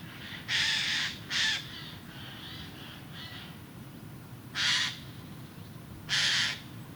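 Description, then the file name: Eurasian jay giving a cluster of harsh screeches followed by softer rasps, then two more loud, grating calls spaced over a second apart. "Garrulus glandarius"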